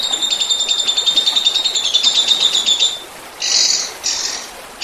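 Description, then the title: Oriental magpie-robin song: a fast, steady run of high, buzzy repeated notes for about three seconds, then short harsh bursts after a brief pause. "Kicau Kacer"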